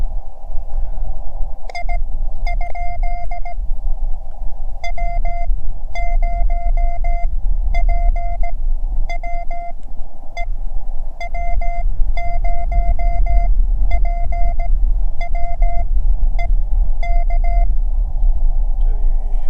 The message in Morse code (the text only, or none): I? W0PWE W0PWE K